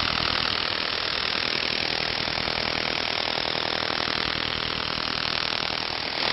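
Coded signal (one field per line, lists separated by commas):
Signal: radar signal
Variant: over-the-horizon radar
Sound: steady harsh rasping buzz of rapid pulses with faint repeating sweeps, engine-like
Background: radio static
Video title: Signals of Over The Horizon Radars OTH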